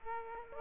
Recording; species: mosquito wingbeat signal from an infrared sensor; Aedes aegypti